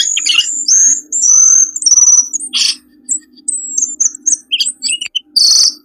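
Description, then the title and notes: Bird calls in a busy jumble: thin high whistles, sharp chirps and a few lower notes, with a faint low hum beneath. Lure sounds for attracting wary birds that are hard to approach. "Suara Burung Bandel Yang Susah Mendekati. Kompilasi Suara Pikat Burung"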